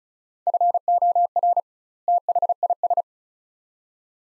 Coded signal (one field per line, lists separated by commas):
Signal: Morse code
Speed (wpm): 36 wpm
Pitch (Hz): 700 Hz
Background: none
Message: FOR THIS